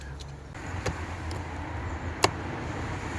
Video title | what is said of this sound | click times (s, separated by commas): Focus MK1 - Smoke Test Part 2 | clicked into place you saw that it just you've got to make sure that | 2.2 s